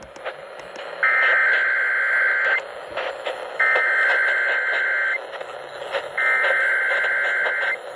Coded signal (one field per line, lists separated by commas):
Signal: Emergency Alert System (SAME) tones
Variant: header bursts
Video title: KDKA RWT 12/11/22 (EAS #1488)